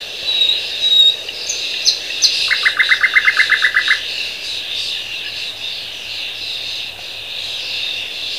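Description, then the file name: Thrush nightingale song: a rapid run of about a dozen clipped, even notes, with brief chirps before it, over a steady high insect chorus. Recorded at Bergen. "Sprosser Bergen"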